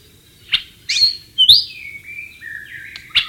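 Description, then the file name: White-rumped shama song with sharp clicks, a bright rising whistle and long smooth descending whistled notes. Wild bird recorded in natural habitat. "suara burung murai batu di alam liar"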